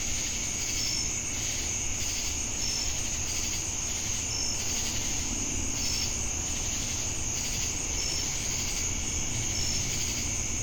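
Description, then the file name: Crickets calling in a thick insect chorus: an unbroken shrill trill, rhythmic buzzy pulses, and short high pure tones repeated at intervals, with faint low noise. Crickets with cicadas in Jamestown, North Carolina, on 10 August 2018. "Crickets And Sacadas Jamestown NC August-10-2018"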